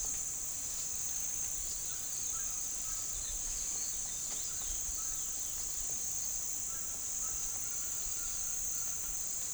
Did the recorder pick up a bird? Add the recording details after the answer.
yes. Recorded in pastures near Puerto Asís, Putumayo, Colombia, on 22 June 2025 at 08:30. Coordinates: 0.466, -76.322. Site GP07